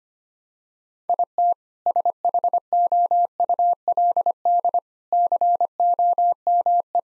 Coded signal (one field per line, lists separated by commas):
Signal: Morse code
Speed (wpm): 25 wpm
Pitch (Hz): 700 Hz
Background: none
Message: IT SHOULD COME